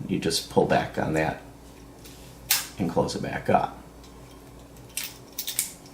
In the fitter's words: And it clicks. And you hear the rattle.